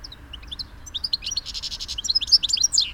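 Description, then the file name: European goldfinch calls: a rapid, tinkling run of high chirps and twitters, with a brief buzzy rattle in the middle. "Carduelis carduelis"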